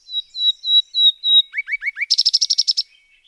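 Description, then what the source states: Common Nightingale song: a series of clear slurred whistles, then four quick upslurred notes, then a rapid, loud, even rattle. Legendary singers arriving in spring across much of southern Europe after traveling northward from tropical Africa across immense deserts; described as small thrushes with russet feathers.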